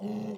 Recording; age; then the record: pig call; piglet (1 to 25 days)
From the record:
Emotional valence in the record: negative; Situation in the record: short isolation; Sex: male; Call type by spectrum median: low-frequency call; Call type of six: low-frequency modulated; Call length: 0.38 s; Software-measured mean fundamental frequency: 53 Hz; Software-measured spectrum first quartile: 206 Hz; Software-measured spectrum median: 275 Hz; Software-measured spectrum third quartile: 530 Hz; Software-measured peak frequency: 203 Hz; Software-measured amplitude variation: 130 dB a second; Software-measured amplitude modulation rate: 19.5 a second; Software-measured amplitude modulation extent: 6.6 dB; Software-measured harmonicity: 8.0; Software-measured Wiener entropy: -0.29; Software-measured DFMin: 1224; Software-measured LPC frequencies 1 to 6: 2072, 2805, 3562, 4209, 5256, 5805 Hz